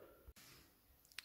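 A torque wrench tightens the crankshaft main bearing cap nuts of a Fiat 500 110F engine block in a crosswise pattern at about 21 N·m. After low background noise, soft ticks at about 1.0 s and 1.1 s lead to a sharp metallic click at 1.2 s as the wrench reaches its setting, confirming the torque.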